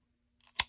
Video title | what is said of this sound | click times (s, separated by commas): Ruger Wrangler Review | there you go so once it goes in the once it clicks | 0.6 s